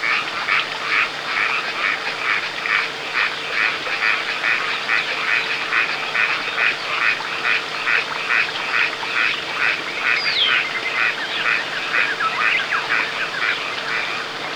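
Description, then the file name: Frog chorus of quick, evenly repeated rasping croaks, with a brief high chirp partway through and a low steady hum. "kaeru"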